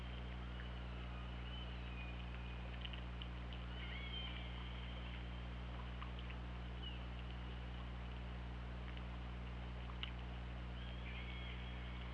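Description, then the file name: Killer whale calls: several short tonal squeals and upsweeps spread throughout, with sharp clicks and a steady low underwater drone. Recorded on the OrcaLab hydrophone, 24 August 2017, at 20:58. "Orca Lab UTLN JASON 20170824 205808"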